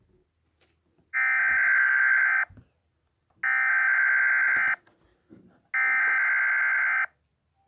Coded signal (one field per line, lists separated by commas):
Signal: Emergency Alert System (SAME) tones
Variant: header bursts